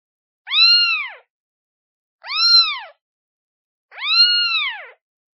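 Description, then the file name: Cat: kitten calls three times, plaintive high meows that swell and then sag downward, separated by short pauses. Kitten calling for its mother. "Tieng meo con keu tim me"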